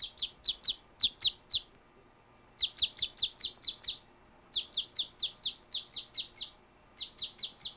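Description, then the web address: Duck peeping with thin, high, downslurred notes in quick runs separated by short pauses. "утки"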